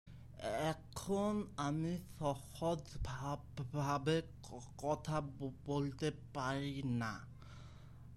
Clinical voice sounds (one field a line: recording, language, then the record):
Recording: elicited speech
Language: Bengali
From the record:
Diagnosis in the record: Broca's or global aphasia after a stroke